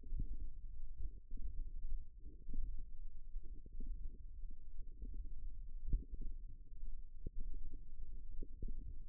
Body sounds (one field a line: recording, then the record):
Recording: forearm muscle sounds (acoustic myography)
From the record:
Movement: hand opening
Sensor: system 1, eight BSWA MPA416 microphones around the upper forearm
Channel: 8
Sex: female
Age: 20 years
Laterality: right